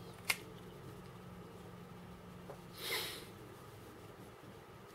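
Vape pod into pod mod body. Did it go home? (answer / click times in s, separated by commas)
yes / 0.3 s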